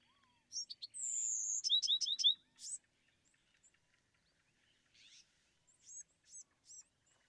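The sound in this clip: Bewick's wren singing softly: a long high whistle, then a quick series of repeated looping notes, with a few scattered high calls afterward.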